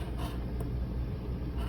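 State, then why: Not seated. A spray nozzle hose quick connector is lined up with the faucet hose fitting, producing soft rubbing and scraping handling noise over a steady low rumble. Brief brighter scuffs come around 0.2–0.3 s, 0.6 s and 1.6 s. Nothing has seated or clicked yet.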